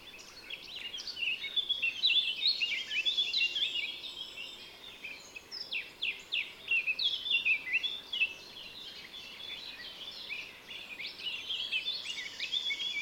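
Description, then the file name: Eurasian blackcap warbling in long bursts of rapid, varied high notes, pausing briefly and then resuming, with a steady low hiss behind. "Sylvia atricapilla"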